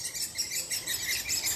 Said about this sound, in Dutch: Deze jonge spechten die we nu horen